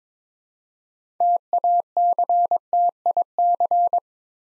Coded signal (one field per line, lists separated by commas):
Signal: Morse code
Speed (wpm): 22 wpm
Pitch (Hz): 700 Hz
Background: none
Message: TACTIC